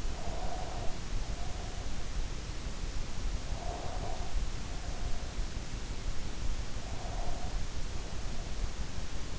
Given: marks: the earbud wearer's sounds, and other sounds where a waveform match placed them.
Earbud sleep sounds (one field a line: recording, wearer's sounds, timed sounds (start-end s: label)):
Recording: sounds in sleep by an in-ear microphone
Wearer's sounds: breath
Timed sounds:
0.00-2.07 s: breath
3.50-5.42 s: breath
6.75-8.67 s: breath